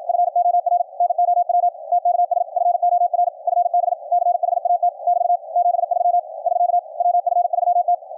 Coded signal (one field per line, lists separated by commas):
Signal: Morse code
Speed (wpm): 53 wpm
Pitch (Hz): 700 Hz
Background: none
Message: FOR NOW TKS FOR FB CHAT <BT> 73 <SK> WF3T